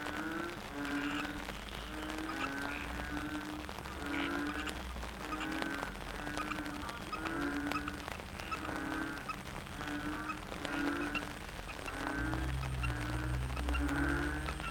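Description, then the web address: Frog chorus of steady repeated tonal croaks with bright overtones, and a low hum entering near the end. Frogs in the Cherating wetlands, Malaysia. "yamaha frogs cherating wetlands. malaysia"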